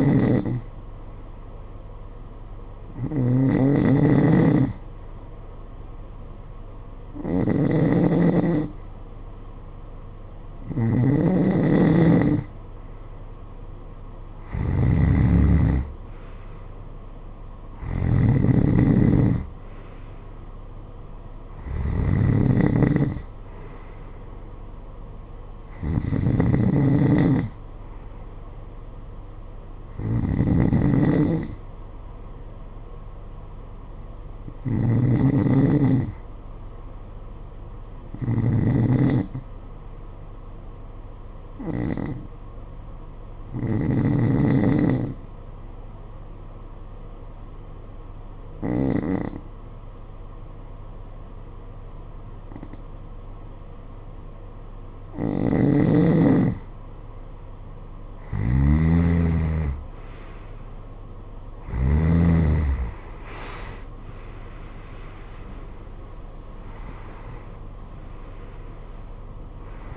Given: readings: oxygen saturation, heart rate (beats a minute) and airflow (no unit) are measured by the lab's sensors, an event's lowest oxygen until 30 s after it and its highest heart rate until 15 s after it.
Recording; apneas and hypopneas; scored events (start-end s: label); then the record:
breathing in sleep by a smartphone at the bedside; 1
39.00-59.20 s: hypopnea (N2, oxygen 93% highest, then 89% lowest, heart rate 52 at the start, 74 highest)
51.00-69.97 s: new sleep stage, N1 (lightest sleep)
From the record:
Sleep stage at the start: N2 (light sleep); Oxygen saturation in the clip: 90 to 93%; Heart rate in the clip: 50 to 71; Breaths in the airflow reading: 16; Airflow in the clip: -15.4 to 13.2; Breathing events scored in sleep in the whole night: 476 in 9.7 hours asleep